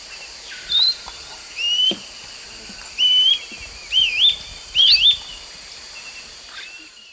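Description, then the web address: Gray-crowned flatbill song: five thin, high whistled notes about a second apart, the later ones wavering, over a steady high hiss. Recorded in the eastern lowlands of South America. "Natures Songs S America Eastern Lowlands. Gray-crowned Flatbill"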